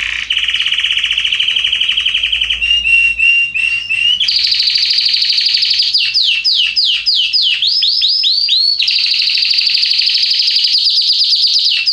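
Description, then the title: Canary song: steady rolling trill, a metallic buzzing phrase, a series of looping swoops, then another long bright trill. Red-coloured Belgian canary, singing. "Canário Belga Vermelho Cantando"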